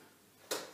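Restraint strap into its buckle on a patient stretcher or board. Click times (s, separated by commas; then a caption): 0.5 s. A patient restraint strap is fed through its buckle on a patient stretcher or board and ratcheted tight by a paramedic. After a quiet stretch, a single sharp, bright click sounds at 0.5 s and fades quickly. The strap buckle clicks in and is seated.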